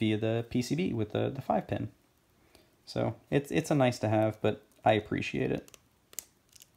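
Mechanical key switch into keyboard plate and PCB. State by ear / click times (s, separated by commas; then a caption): seated / 6.2 s. A five-pin mechanical key switch is pushed through the keyboard plate into the PCB. Someone talks through most of the clip, then the switch snaps home with a sharp click at 6.2 s, fully seated.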